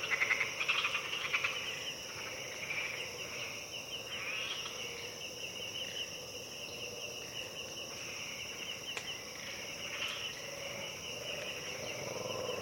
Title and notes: Harenna Forest - Dawn - Colobus Monkeys And Frogs. Early at dawn, deep in the Harenna Forest. Colobus monkeys wake up and utter their terrifying territorial calls with a lush insect chorus background punctuated by frogs. African Cloud Forest